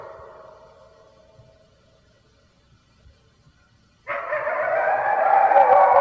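Red wolf howling: a drawn-out howl fades away into near silence, then about four seconds in a loud chorus of overlapping howls abruptly begins.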